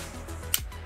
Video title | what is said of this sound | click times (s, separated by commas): Magic Square MS-03 Heavy Gunner [Brawl]: Rock FX Review | there hear that click so that that's perfectly straight | 0.5 s